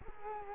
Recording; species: mosquito wingbeat signal from an infrared sensor; Culex quinquefasciatus